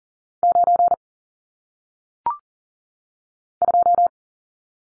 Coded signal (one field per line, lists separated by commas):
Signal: Morse code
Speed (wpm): 40 wpm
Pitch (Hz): 700 Hz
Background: none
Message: 9 2